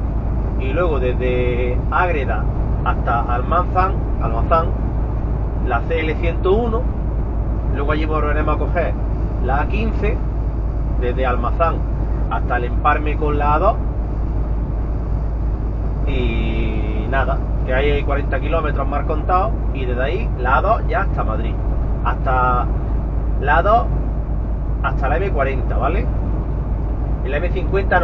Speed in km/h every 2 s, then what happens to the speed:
71, 70, 70, 70, 70, 70, 69, 69, 69, 68, 69, 69, 68, 68.
0-28 steady at about 69.